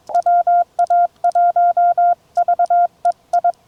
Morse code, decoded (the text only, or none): WA1VEI